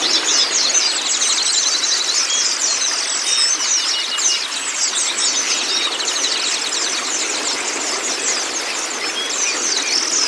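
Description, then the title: White-eye song: a busy, continuous flow of rapid high twittering chirps over background hiss. Training recording (masteran) of white-eye (pleci kacamata si putih) song, meant to get a silent (bisu) pleci singing constantly (gacor). "mster Mnuk. Terapi Pleci Bisu Menjadi Gacor Abis. Masteran Pleci Kacamata Si Putih"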